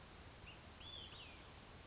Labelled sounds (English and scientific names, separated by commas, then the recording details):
Olive-sided Flycatcher (Contopus cooperi)
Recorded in Sonoma County, California